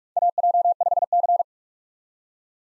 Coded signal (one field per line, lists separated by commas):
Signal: Morse code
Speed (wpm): 42 wpm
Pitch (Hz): 700 Hz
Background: none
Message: AJ5C